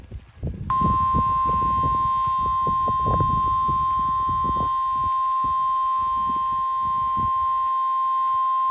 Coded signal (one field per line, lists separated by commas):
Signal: Emergency Alert System (SAME) tones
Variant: 1050 Hz attention tone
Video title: noaa/eas #98 severe thunderstorm warning Jefferson, rock counties, WI #shorts #weather #fyp #eas